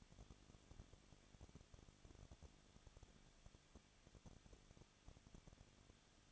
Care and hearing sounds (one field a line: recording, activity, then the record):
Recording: daily activity, microphone in the room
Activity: no activity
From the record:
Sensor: 4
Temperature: 23.0 degrees Celsius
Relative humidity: 34.6%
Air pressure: 1007.2 hPa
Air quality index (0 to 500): 215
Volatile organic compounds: 15 ppm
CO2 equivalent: 2499 ppm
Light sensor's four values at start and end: 2/3/1/1 and 2/3/1/1